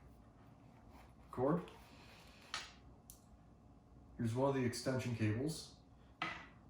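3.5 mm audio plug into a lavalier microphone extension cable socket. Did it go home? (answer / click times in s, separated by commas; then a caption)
yes / 6.2 s. Someone talks while plugging a 3.5 mm audio plug into the extension cable socket of a PowerDeWise lavalier microphone, pushing it in tight. A sharp final click at 6.2 s shows the plug is fully seated.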